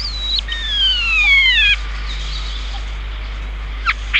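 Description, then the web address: Chestnut-cheeked starling producing long, thin whistles that slide slowly downward for over a second, followed by quiet and two short sharp notes at the end. "sikioto birds komukudori"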